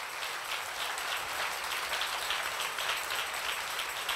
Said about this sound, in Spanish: Si ese es el aplauso, dáselo más fuerte.